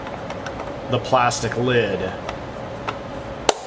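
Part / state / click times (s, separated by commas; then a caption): plastic lid onto slide projector trim piece / seated / 3.5 s. While reassembling a Reflecta 1002 slide projector, the plastic lid that holds a cover shut is closed onto the plastic trim piece as someone talks. A smaller tap at 2.9 s is followed by a sharp snap at 3.5 s as the lid seats onto the trim piece.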